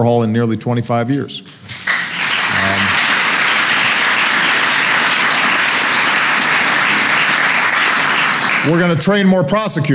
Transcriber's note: applause